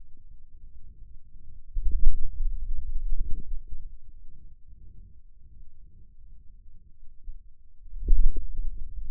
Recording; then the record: forearm muscle sounds (acoustic myography)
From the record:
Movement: hand closing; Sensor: system 2, bracelet of six BSWA MPA416 microphones around the upper forearm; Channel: 2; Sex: male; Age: 22 years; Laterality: right